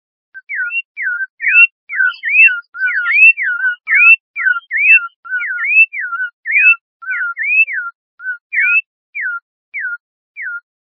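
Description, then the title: Bird song of clear whistled swooping notes, each dipping then rising, repeated rapidly in a long steady series, with faint higher chips early in the series. "LuckyPassaros CompletosSama"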